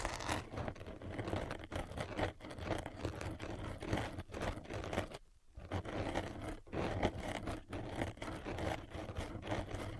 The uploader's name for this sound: Invisible Tapping and Scratching